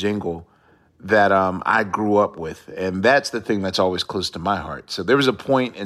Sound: none

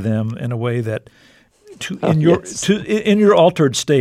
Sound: laughter

